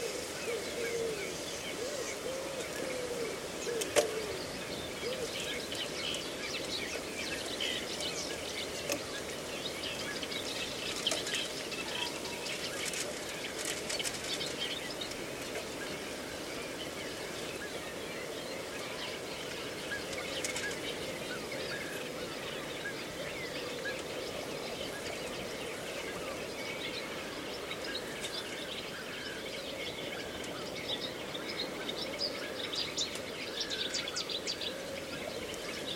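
Reedbed ambience at Slapton Ley, Devon: a steady, dense rustle fills the whole 36 seconds with little change in level. Scattered bird chirps and short calls poke through above it, with a brief sharper sound near four seconds.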